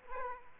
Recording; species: mosquito wingbeat signal from an infrared sensor; Aedes aegypti